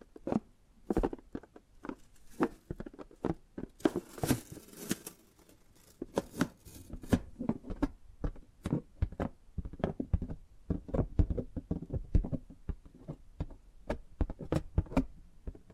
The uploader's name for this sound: Tapping and Gripping Sounds